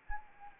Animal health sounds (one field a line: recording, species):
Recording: mosquito wingbeat signal from an infrared sensor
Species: Anopheles arabiensis